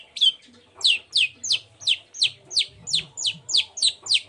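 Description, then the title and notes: Long-tailed shrike call: a steady repeated series of sharp, downslurred high notes, about three per second, with faint low background noise. Cendet heard in the morning, a lively song full of varied 'toet toet' notes, used as a lure to provoke other shrikes into answering and singing along. "Cendet Gacor Dor Di Kala Pagi Toet Toet Variasi Suara. Pancingan Emosi Cendet Gacor Full Variasi Toet Toet Bikin Nyaut Cendet Lain Langsung Ikutan Bunyi. Burung cendet"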